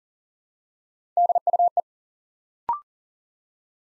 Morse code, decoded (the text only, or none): DUE